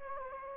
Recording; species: mosquito wingbeat signal from an infrared sensor; Anopheles gambiae